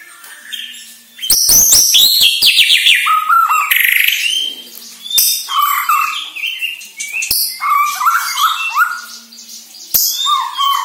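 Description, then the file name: White-rumped shama song: loud rapid clicking and rattling notes, then varied whistles, harsh squawks and chatters in quick succession, with sharp tick sounds. Borneo; lure recording intended to make shamas sing actively. "Sara Pancingan Murai Batu Borneo Agar Gacor Dor"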